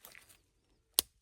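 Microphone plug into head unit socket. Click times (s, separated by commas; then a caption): 1.0 s. A microphone lead plug is pushed into its socket on the head unit harness during a Cidava 13" T-style radio install in a Ford F-150 or Super Duty. After some faint handling rustle, a sharp click at 0.98 s shows the plug seating in the socket.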